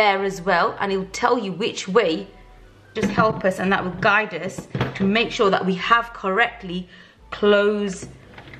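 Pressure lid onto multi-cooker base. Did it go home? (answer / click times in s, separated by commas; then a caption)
no / none. A pressure-cooking lid is being turned onto a multi-cooker base to lock it closed while someone talks throughout. Only brief handling sounds are heard near the end, around 8.4 and 8.5 seconds. The lid has not locked yet and nothing has clicked.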